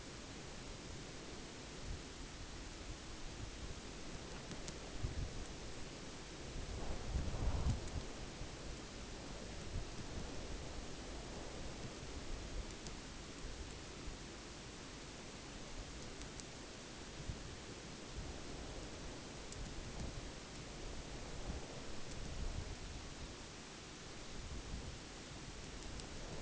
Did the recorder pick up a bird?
no